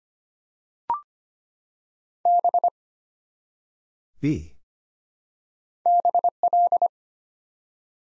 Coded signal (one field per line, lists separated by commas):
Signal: Morse code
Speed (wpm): 25 wpm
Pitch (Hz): 700 Hz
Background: none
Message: B BL